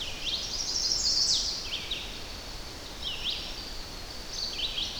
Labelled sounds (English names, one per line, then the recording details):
Red-eyed Vireo song
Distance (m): 55 m
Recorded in boreal forest in Alberta, Canada, on 10 June 2016 at 06:55
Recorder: SongMeter 3, array SBT-3-39
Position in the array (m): 198 m, 125 m